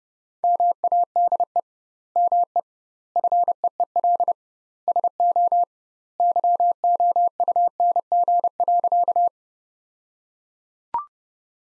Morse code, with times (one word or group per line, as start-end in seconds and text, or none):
0.4-1.6 MADE
2.2-2.6 ME
3.2-4.3 FEEL
4.9-5.6 SO
6.2-9.3 YOUNG.